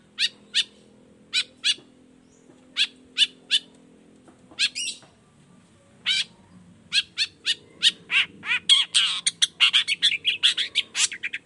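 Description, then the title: Long-tailed shrike song: sharp chattering notes in short pairs, then a faster, denser run of varied harsh and scratchy notes toward the end; a faint low hum underneath. Singing in the morning with toet toet variations; used as a lure to prompt other shrikes to reply. "Cendet Gacor Dor Di Kala Pagi Toet Toet Variasi Suara. Cendet Gacor Efektif Pancingan Buat Cendet Jenis Apapun Agar Cepat Nyaut Buka Paruh"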